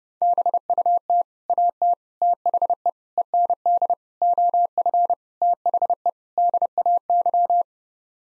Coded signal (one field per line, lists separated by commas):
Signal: Morse code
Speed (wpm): 30 wpm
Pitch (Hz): 700 Hz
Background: none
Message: BUT AT THE END OF THE DAY